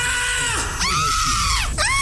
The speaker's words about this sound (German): Und dann hört ihr diese Schreie.